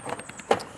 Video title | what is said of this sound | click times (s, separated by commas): How To: Pacifica Rear Turn Signal Bulb Replacement | you want to make sure you hear those posts click into place now | 0.5 s